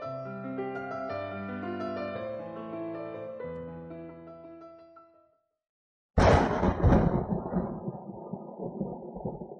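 thunder and heavy rain

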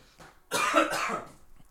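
coughing

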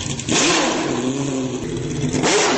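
sports car engine revving

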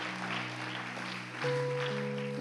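audience applause

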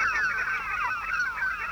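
seagulls screeching

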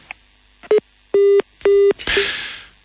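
telephone line tones

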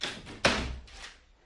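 door being opened

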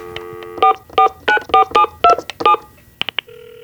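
telephone number being dialed

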